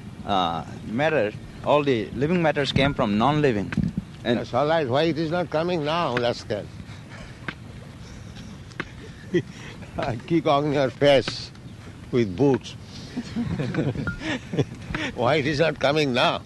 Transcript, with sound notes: matter, all the living matters came from nonliving.
That's all right. Why it is not coming now, rascal? [chuckles] I kick on your face with boots. Why it is not coming now?